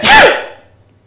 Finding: Sneezing sounds.